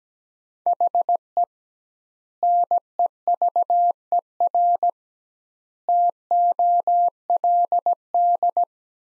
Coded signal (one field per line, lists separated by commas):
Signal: Morse code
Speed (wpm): 17 wpm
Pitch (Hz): 700 Hz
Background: none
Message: HE NEVER TOLD